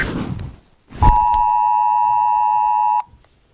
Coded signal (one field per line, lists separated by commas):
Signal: Emergency Alert System (SAME) tones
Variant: 853 and 960 Hz attention tone